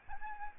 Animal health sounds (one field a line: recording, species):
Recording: mosquito wingbeat signal from an infrared sensor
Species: Aedes albopictus